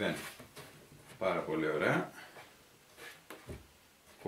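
A wooden part is pushed into its slot in the frame of a wooden firewood carrier being assembled. Someone talks, then a single short knock at 3.3 seconds marks the wooden joint snapping into place, seated.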